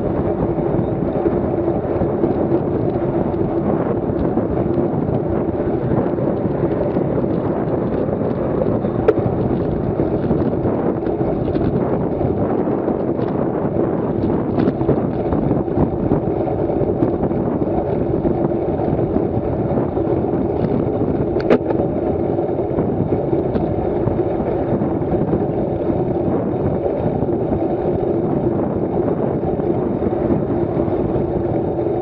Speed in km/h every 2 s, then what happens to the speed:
39, 39, 38, 35, 37, 34, 35, 35, 34, 34, 32, 33, 30, 27, 30, 31.
0-22 steady at about 35. 22-26 slows to 27. 26-32 steady at about 30.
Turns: none.